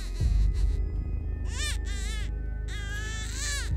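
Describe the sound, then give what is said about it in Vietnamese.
A baby wails in several rising and falling bursts over a low, eerie lullaby droning steadily underneath, the high cries growing louder toward the end. “Tiếng khóc và cái tiếng hát ru quái dị nó lại càng lớn hơn.”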